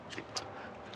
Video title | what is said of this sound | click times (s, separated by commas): First Time RVer Series - Part 1 - Before Departure | sliders there let the lock those in place | 0.2 s, 0.9 s